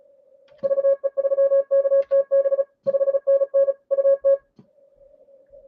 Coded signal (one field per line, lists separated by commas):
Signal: Morse code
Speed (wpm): 37 wpm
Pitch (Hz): 560 Hz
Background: none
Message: VE3KTB 5NN UT